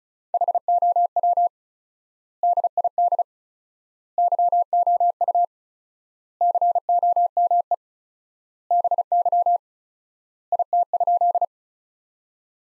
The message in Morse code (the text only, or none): HOW DID YOU COME BY IT?